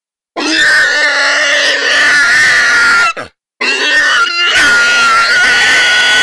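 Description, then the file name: Wild boar distress squealing, two long strained harmonic screams separated by a brief pause. "Wild Hog Distress"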